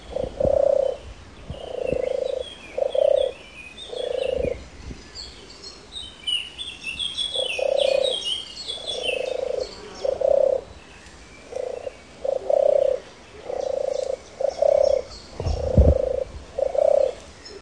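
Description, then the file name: European Turtle Dove giving its deep purring song, a long series of rolling low purrs in steady succession, other small birds chirping faintly above. "Tortora"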